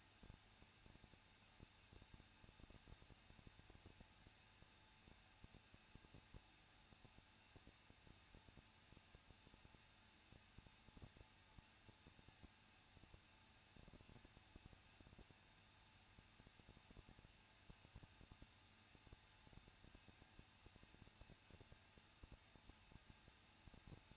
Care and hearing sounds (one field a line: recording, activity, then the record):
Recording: daily activity, microphone in the room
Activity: no activity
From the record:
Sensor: 2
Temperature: 21.0 degrees Celsius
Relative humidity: 37.5%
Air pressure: 1006.2 hPa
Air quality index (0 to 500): 224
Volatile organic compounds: 25 ppm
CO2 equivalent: 2844 ppm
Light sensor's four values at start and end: 2/3/2/2 and 2/3/2/2